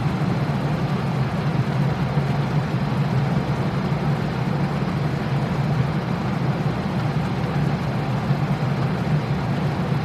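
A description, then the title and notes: A distant fan hums softly and steadily, a low droning tone with a dense airy rush layered above it. The sound holds at an even level for the whole stretch, with no pauses or distinct events, just a constant repetitive whir. A soft hum of a distant fan with it's reassuring repetitive noise.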